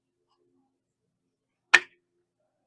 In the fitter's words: I could feel it lock into place. It won't come off.